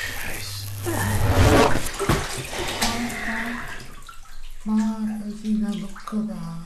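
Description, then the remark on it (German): Water sloshes and splashes in a bathtub as a radio is pulled out, with bursts of churning water and a low hum, followed by muffled, voice-like tones. “Hol einfach nur das Radio aus dem Wasser.”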